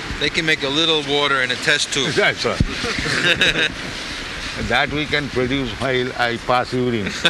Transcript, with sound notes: They can make a little water in a test tube.
[laughs] That's all. [laughter] That we can produce while I pass urine.